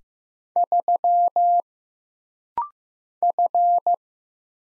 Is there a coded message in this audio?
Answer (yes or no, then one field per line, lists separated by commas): yes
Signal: Morse code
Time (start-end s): 0.6-4.0 s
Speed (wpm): 15 wpm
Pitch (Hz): 700 Hz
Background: none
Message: 3 F